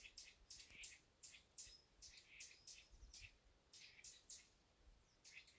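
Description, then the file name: Eurasian nuthatch calls: short, sharp, high chipping notes given in loose irregular bursts, over faint low background hiss. "Sitta europaea"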